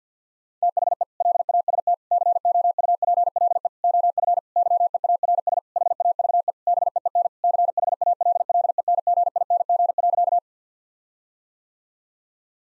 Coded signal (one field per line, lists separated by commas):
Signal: Morse code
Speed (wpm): 50 wpm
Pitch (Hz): 700 Hz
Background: none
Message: THE LAST COUPLE OF YEARS HAVE BEEN CHALLENGING.